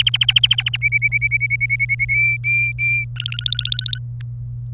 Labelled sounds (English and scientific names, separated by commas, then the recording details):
Domestic Canary (Serinus canaria) song
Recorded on 27 April 2018 at 14:42
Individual llb3